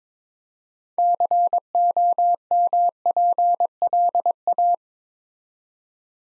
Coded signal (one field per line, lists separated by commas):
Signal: Morse code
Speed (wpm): 22 wpm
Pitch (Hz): 700 Hz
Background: none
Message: COMPLA